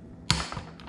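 A torque wrench set to 30 foot-pounds tightens the crank arm bolt / lock ring on a bicycle with a RaceFace Aeffect Cinch chainring. A single sharp click at 0.3 s shows the wrench reaching its setting, followed by a few much fainter ticks near 0.8 s and 0.9 s over a steady low hum. The bolt is confirmed tightened to 30 foot-pounds.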